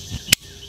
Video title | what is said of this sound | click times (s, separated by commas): Creating a Watering Table for My HUGE Plants! | open it back up and it snaps open | 0.3 s